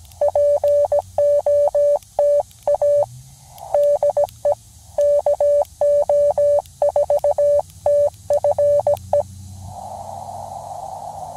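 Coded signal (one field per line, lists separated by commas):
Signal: Morse code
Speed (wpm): 17 wpm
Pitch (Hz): 580 Hz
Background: none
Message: POTA DE KO4TFE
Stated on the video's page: QRP CW from a POTA park activation, with bad copying and rough sending.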